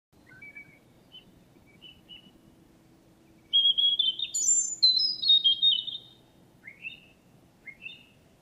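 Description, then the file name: European robin song: a few soft, thin notes, then one loud cascading phrase of liquid, high warbles and descending whistles, then scattered quiet notes. "Erithacus rubecula"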